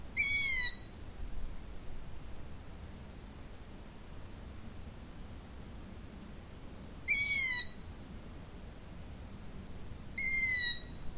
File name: Long eared Owl